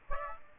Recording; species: mosquito wingbeat signal from an infrared sensor; Aedes aegypti